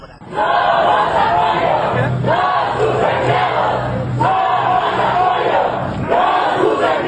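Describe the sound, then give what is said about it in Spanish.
A crowd of about a hundred supermarket brand promoters protesting outside Chedraui Acueducto chants the slogan "Ni una muerte más" in unison, loud rhythmic shouting that swells and pauses in repeated bursts, roughly every two seconds, with the mass of voices blending into a continuous roar. “A este grito se sumó la consigna de Ni una muerte más, afuera de Chedraui Acueducto, con el que un centenar de promotores, como se les conoce a los trabajadores de marcas que le dan presencia a sus productos en los supermercados, se manifestaron”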